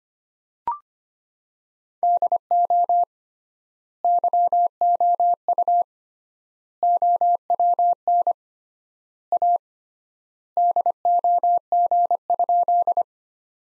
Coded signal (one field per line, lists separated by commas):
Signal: Morse code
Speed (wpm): 25 wpm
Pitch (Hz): 700 Hz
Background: none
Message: DO YOU OWN A DOG?